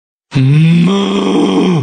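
Cow giving a single low, drawn-out moo that shifts slightly in tone midway.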